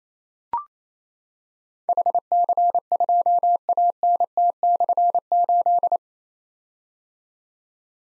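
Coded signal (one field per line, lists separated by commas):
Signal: Morse code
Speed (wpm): 29 wpm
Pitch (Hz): 700 Hz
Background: none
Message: HC2ANT/8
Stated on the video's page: Morse code practice drill of difficult call signs containing slashes, each sent at 28 wpm, then spoken, then sent again.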